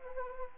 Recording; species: mosquito wingbeat signal from an infrared sensor; Anopheles arabiensis